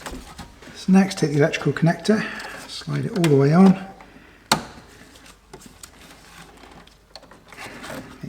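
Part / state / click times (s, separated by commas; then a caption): wiring connector onto purge solenoid / seated / 4.5 s. Someone talks while a plastic electrical connector is slid all the way onto the EVAP purge solenoid of a 2008–2020 Grand Caravan 3.6 / Town & Country. A single sharp click is heard at 4.5 s as the connector seats in place, followed by faint handling noises.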